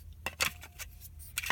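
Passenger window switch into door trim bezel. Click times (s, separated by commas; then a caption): 0.3 s. A replacement passenger window switch for a 2013 Ford Flex is pressed into its plastic door-trim bezel, and it snaps into place with a sharp click at 0.3 s. More short plastic clicks and rattles follow around 0.4 s, 1.4 s and 1.5 s over a low background hum. The switch is confirmed seated in the panel.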